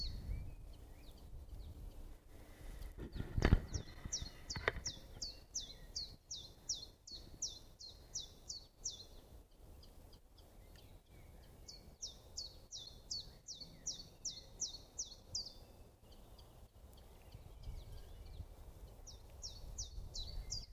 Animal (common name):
Common Chiffchaff